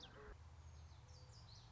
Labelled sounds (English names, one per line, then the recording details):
Common Yellowthroat
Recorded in Sonoma County, California